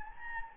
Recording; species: mosquito wingbeat signal from an infrared sensor; Anopheles gambiae